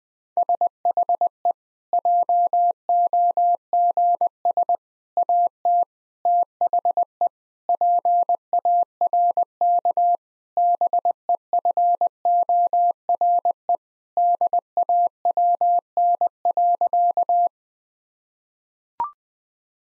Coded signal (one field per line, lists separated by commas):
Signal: Morse code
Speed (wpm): 20 wpm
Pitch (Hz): 700 Hz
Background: none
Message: SHE JOGS AT THE PARK BEFORE DAWN.